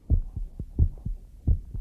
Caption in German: Dann könnt ihr meinen Herzschlag tatsächlich hören. So klingt tatsächlich mein Herz. Hört sich ein bisschen unheimlich an, ist aber völlig normal so.